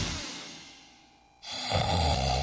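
Loud snoring from an adult sleeper: a fading breath, a brief lull, then a loud, rough snore. Loud snoring may signal obstructive sleep apnoea, which raises the risk of heart disease, high blood pressure and stroke.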